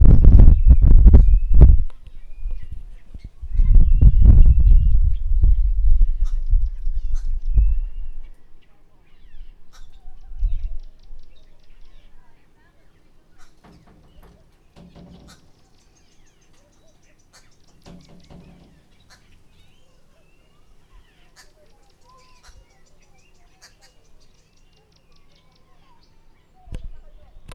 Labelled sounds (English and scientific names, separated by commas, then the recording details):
Green Woodhoopoe (Phoeniculus purpureus)
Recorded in northern Uganda